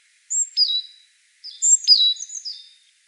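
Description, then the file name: Great tit calls: two short bursts of very high, thin notes, each a sharp downward-sweeping note followed by a trailing thin whistle, on a silent background. "Parus major"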